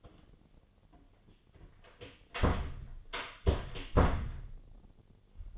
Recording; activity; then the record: daily activity, microphone in the room; close door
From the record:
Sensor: 4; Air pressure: 1008.3 hPa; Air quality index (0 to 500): 174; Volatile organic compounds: 5 ppm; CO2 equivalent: 1751 ppm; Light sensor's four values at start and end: 23/73/27/26 and 25/79/30/29